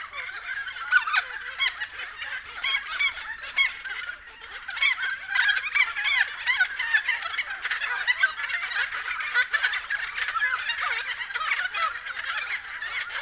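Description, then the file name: Friarbird chorus of raucous, gobbling cackles and chattering notes, several birds overlapping continuously. Several friarbirds recorded at 6:30 AM. "BIRD-FRIARBIRDS-N-301111-6 30 AM"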